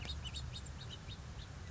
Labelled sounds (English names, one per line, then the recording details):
House Finch
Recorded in Sonoma County, California